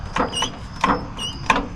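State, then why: Not seated. Someone repeatedly works the worn gear shift linkage on a Ford tractor, trying to get it into its detent, producing three metallic clunks at about 0.2, 0.8 and 1.5 seconds over a low rumble. The linkage has not clicked into place; nothing has engaged.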